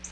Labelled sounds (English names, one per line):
Black-throated Blue Warbler flight call